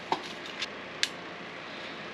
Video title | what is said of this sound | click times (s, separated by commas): 1980 BMW 528i revival part 2, we finally drive the E12 project!!! | Alright, and you'll hear it snap into place. | 1.0 s